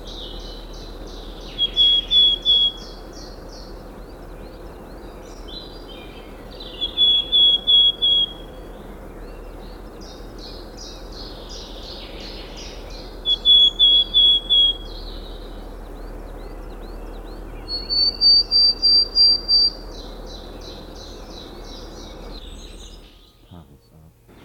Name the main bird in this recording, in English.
Willow Tit